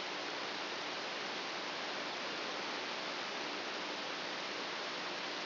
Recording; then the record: brain microelectrode recording played as sound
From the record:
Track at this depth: outside the subthalamic nucleus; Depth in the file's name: 5.002 mm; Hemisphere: right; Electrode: 2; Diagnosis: Parkinson's disease